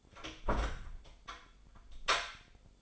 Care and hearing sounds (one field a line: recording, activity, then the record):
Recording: daily activity, microphone in the room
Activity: close door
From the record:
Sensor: 5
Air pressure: 1015.3 hPa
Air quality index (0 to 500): 209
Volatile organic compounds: 11 ppm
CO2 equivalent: 2273 ppm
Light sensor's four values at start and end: 34/77/31/29 and 34/77/31/29